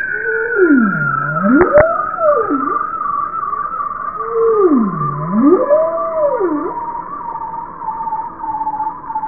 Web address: bowhead